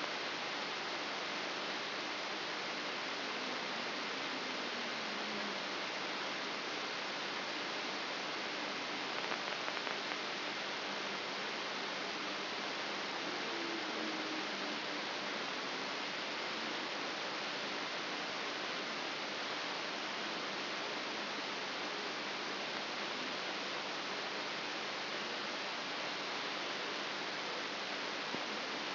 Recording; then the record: brain microelectrode recording played as sound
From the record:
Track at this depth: inside the subthalamic nucleus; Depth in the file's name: 3.302 mm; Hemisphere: left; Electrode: 3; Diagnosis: Parkinson's disease